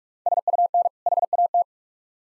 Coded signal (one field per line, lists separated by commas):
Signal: Morse code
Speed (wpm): 45 wpm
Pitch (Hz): 700 Hz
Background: none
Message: SUN HAT